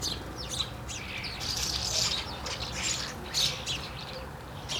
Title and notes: Niévroz, France, Rue Henri Jomain - starlings and a fly. étourneaux et une mouche